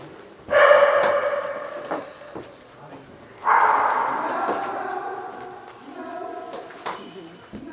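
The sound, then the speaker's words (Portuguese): A dog barks twice in loud, drawn-out, tonal bursts about three seconds apart, each lasting roughly a second, followed by a few fainter, shorter yips and low background noise. “Tá morrendo o cachorro aqui ainda?”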